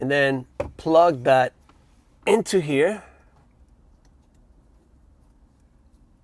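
Someone talks while handling a FitcamX plug-and-play dash cam harness plug, bringing it to the factory mirror connector in the mirror housing of a RAM 1500 for a no-wire install. After the talking, the clip stays quiet with only low background noise. The plug has not seated or clicked into its mating connector yet.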